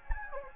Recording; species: mosquito wingbeat signal from an infrared sensor; Anopheles gambiae